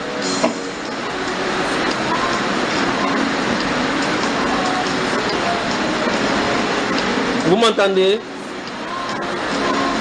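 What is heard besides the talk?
heavy rain falling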